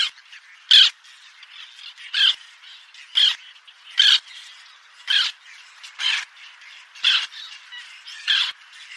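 Bird giving harsh, raspy squawks, repeated about once a second.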